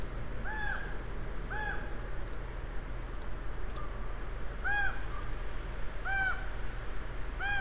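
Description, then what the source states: Raven calls: short, clear, arched tonal notes with ringing overtones, given at intervals throughout, above a steady low rumble. Ravens, more than one, recorded 23 October 2008 at 08:33.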